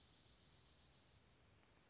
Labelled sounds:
Dark-eyed Junco
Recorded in Sonoma County, California

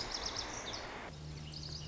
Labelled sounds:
Lazuli Bunting
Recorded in Sonoma County, California

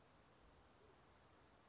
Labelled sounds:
Western Flycatcher
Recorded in Sonoma County, California

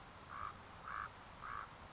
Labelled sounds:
Common Raven
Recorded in Sonoma County, California

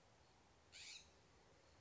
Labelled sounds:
California Scrub-Jay
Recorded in Sonoma County, California

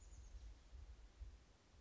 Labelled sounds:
Chestnut-backed Chickadee
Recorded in Sonoma County, California

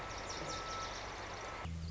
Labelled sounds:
Lazuli Bunting
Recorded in Sonoma County, California

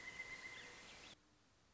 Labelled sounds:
Pileated Woodpecker
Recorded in Sonoma County, California

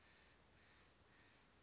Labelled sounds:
Western Flycatcher
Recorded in Sonoma County, California

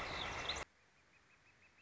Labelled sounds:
Northern Flicker
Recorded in Sonoma County, California

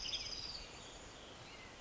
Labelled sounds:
Western Tanager
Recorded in Sonoma County, California

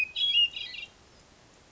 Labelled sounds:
Hermit Thrush
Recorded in Sonoma County, California

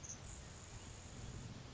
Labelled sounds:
Grasshopper Sparrow
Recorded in Sonoma County, California

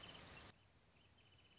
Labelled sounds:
Wrentit
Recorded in Sonoma County, California

